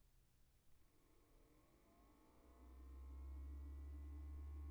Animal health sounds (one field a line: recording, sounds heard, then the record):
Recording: poultry house recording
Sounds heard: no chicken sound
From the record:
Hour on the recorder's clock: 23